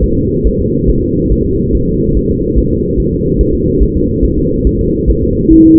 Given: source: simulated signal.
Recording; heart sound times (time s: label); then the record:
fetal heart sounds
0.04 s: S1
0.18 s: S2
0.47 s: S1
0.61 s: S2
0.90 s: S1
1.04 s: S2
1.32 s: S1
1.46 s: S2
1.75 s: S1
1.89 s: S2
2.17 s: S1
2.31 s: S2
2.58 s: S1
2.72 s: S2
3.00 s: S1
3.14 s: S2
3.41 s: S1
3.55 s: S2
3.83 s: S1
3.97 s: S2
4.25 s: S1
4.38 s: S2
4.67 s: S1
4.81 s: S2
5.10 s: S1
5.24 s: S2
5.53 s: S1
5.67 s: S2
From the record:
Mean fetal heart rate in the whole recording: 140 bpm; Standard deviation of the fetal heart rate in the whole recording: 2 bpm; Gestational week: 34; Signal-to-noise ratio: -14.7 dB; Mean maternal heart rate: 72 bpm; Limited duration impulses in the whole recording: present